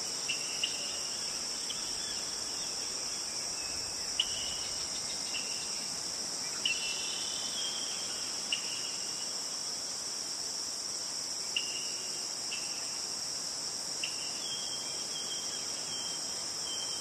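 A natural outdoor scene filled with a steady, high, shrill drone of insects, like crickets, that never lets up. Short bright chirps or calls break in every second or two, most clearly around 4, 7, 8.5 and 14 seconds, over a soft constant hiss.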